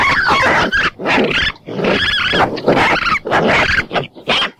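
Raccoons in a fight, a dense run of growling, squealing snarls with brief gaps between loud outbursts.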